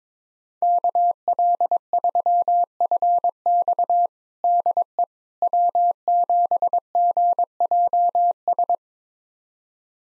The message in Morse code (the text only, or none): KL3FX DE W7GJS